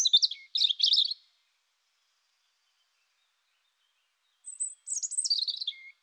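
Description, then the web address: European robin song: two brief sparkling, high-pitched warbled phrases separated by a quiet gap of about three seconds. "annee nature rougegorge"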